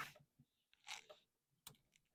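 A wiring harness connector on a Ski-Doo Formula S snowmobile is pushed together, with some soft rustling and handling noise before a sharp, clear click at 1.7 s as it snaps together and seats.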